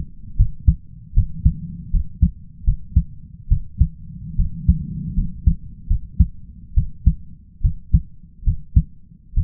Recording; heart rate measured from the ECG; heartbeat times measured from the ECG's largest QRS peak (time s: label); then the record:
heart sounds by stethoscope; 74 bpm
0.37 s: heartbeat
1.14 s: heartbeat
1.91 s: heartbeat
2.65 s: heartbeat
3.49 s: heartbeat
4.36 s: heartbeat
5.15 s: heartbeat
5.88 s: heartbeat
6.75 s: heartbeat
7.62 s: heartbeat
8.45 s: heartbeat
9.35 s: heartbeat
From the record:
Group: healthy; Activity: rest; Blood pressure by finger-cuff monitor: 142/84 mmHg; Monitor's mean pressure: 100 mmHg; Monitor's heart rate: 72 bpm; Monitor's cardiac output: 5.5 L/min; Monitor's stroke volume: 74 mL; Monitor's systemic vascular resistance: 1320 dyn s/cm5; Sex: male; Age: 20 years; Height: 167 cm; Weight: 61 kg